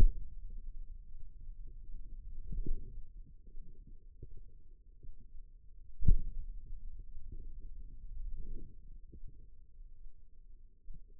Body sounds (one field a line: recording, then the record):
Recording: forearm muscle sounds (acoustic myography)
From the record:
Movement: finger pinch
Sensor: system 2, bracelet of six BSWA MPA416 microphones around the upper forearm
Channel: 4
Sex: female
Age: 25 years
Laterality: right